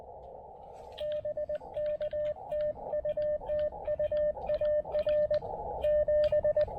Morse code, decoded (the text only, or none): BK TU TU AR 7